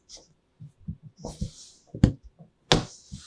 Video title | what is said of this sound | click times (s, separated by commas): How To Assemble The Vivarium Electronics Super70-5 Series II Rack v88 AME | You should hear it kind of snap in place there. | 2.7 s